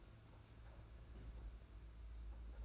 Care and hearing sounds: daily activity, microphone in the room; place on stove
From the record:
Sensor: 2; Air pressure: 991.9 hPa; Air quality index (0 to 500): 234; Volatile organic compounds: 1000 ppm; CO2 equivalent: 7860 ppm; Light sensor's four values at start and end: 17/56/21/20 and 17/56/21/20

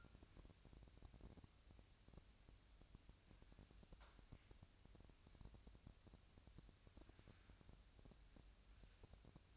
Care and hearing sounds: daily activity, microphone in the room; wipe stove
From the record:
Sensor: 2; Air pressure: 1003.1 hPa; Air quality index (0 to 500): 199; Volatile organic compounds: 6 ppm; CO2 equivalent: 1892 ppm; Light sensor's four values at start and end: 9/22/9/10 and 9/22/9/10

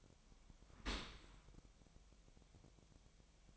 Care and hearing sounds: daily activity, microphone in the room; open dishwasher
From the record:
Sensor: 1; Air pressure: 1006.8 hPa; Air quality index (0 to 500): 209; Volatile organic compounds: 24 ppm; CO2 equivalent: 2818 ppm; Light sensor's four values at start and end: 12/31/12/13 and 12/31/12/13

